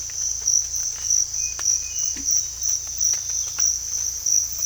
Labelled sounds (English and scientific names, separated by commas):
none